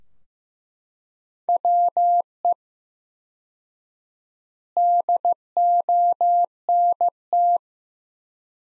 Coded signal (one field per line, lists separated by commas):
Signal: Morse code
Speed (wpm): 16 wpm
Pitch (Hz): 700 Hz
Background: none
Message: WE DONT